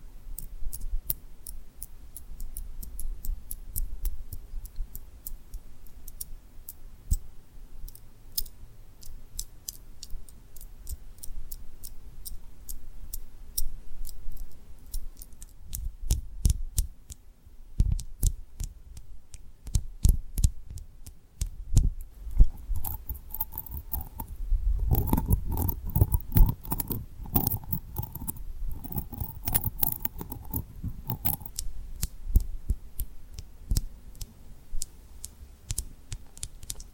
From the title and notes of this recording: ASMR Tapping & Rubbing Rhinestone Lip Triggers for Sleep (No Talking).